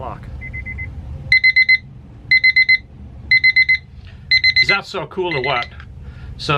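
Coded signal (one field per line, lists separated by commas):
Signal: none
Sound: car key fob chimes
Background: speech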